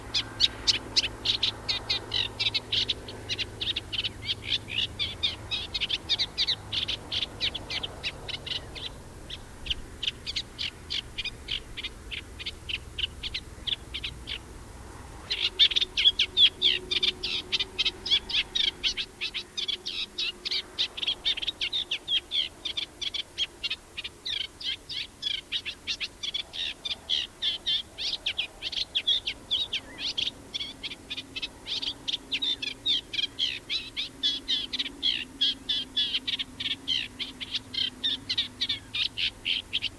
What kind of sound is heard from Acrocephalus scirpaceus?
song